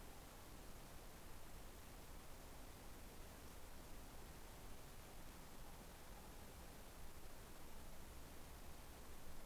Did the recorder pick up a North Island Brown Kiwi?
no